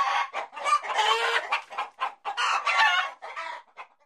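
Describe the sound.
Chicken clucking, a dense run of short harsh clucks and squawks with little pause between them.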